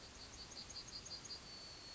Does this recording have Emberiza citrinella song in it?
yes